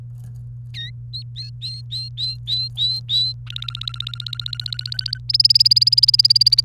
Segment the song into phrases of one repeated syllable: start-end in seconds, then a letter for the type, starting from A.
0.74-0.90 A, 1.13-3.33 B, 3.47-5.18 C, 5.29-6.61 D